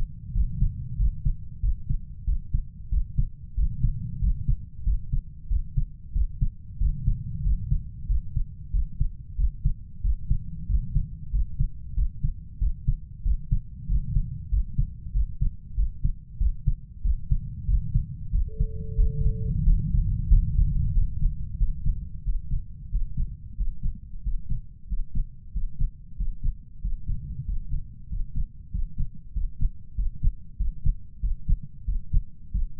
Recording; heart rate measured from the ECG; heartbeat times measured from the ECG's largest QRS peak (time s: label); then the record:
heart sounds by stethoscope; 93 bpm
0.35 s: heartbeat
0.99 s: heartbeat
1.63 s: heartbeat
2.27 s: heartbeat
2.92 s: heartbeat
3.58 s: heartbeat
4.22 s: heartbeat
4.86 s: heartbeat
5.51 s: heartbeat
6.15 s: heartbeat
6.81 s: heartbeat
7.45 s: heartbeat
8.09 s: heartbeat
8.74 s: heartbeat
9.39 s: heartbeat
10.04 s: heartbeat
10.69 s: heartbeat
11.33 s: heartbeat
11.97 s: heartbeat
12.61 s: heartbeat
13.25 s: heartbeat
13.89 s: heartbeat
14.52 s: heartbeat
15.15 s: heartbeat
15.78 s: heartbeat
16.41 s: heartbeat
17.05 s: heartbeat
17.69 s: heartbeat
18.33 s: heartbeat
18.98 s: heartbeat
19.66 s: heartbeat
20.31 s: heartbeat
20.95 s: heartbeat
21.60 s: heartbeat
22.26 s: heartbeat
22.93 s: heartbeat
23.58 s: heartbeat
24.25 s: heartbeat
24.90 s: heartbeat
25.54 s: heartbeat
26.19 s: heartbeat
26.83 s: heartbeat
27.47 s: heartbeat
28.10 s: heartbeat
28.73 s: heartbeat
29.35 s: heartbeat
29.97 s: heartbeat
30.59 s: heartbeat
31.22 s: heartbeat
31.86 s: heartbeat
32.53 s: heartbeat
From the record:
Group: healthy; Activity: rest 0-19 s, Valsalva maneuver 19-33 s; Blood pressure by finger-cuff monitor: 130/74 mmHg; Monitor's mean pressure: 91 mmHg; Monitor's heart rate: 93 bpm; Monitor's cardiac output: 7.7 L/min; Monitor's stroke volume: 82 mL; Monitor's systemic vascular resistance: 870 dyn s/cm5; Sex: male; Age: 21 years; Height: 175 cm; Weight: 72.6 kg